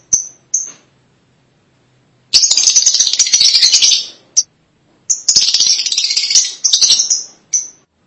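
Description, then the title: Lovebird chattering: a few sharp high chirps, then two long bursts of shrill, harsh, rapid chatter with a brief pause between. "BM Suara Burung Lovebird"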